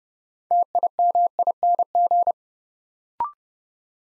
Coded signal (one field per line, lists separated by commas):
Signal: Morse code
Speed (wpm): 30 wpm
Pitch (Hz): 700 Hz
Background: none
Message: TIMING